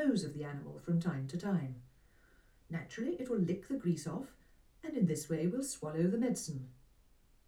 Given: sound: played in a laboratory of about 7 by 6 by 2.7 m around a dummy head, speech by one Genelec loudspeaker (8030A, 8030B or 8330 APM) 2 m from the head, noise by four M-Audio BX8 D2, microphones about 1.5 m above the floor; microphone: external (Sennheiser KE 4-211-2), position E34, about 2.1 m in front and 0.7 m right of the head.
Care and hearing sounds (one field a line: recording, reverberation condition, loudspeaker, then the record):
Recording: female speech in English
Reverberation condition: low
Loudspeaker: behind (180 degrees)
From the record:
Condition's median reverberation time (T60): about 310 ms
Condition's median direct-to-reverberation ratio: about 3.5 dB